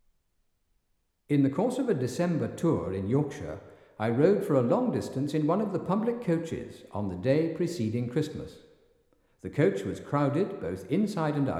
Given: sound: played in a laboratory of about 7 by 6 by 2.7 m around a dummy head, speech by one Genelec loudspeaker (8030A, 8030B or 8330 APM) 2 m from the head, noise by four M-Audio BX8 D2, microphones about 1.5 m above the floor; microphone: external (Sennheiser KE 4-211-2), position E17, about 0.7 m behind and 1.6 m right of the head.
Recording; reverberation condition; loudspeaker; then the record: male speech in English; high; 120 degrees to the right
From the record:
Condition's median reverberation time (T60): about 1300 ms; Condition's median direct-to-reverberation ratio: about -4.0 dB